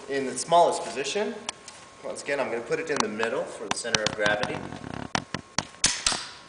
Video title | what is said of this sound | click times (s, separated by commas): Baby Jogger City Select by Baby in Gear | you hear that click that's that's how you know it's in there now | 5.6 s, 5.8 s